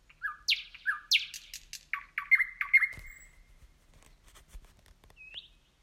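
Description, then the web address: Nightingale song: loud repeated downslurred notes, then a stuttering rattle with a drawn-out tone, fading into soft clicks and a short rising whistle. "slowik nocny spiew slowika"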